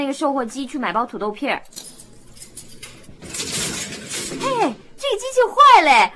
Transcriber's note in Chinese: sound of vending machine